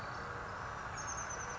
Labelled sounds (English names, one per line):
Oak Titmouse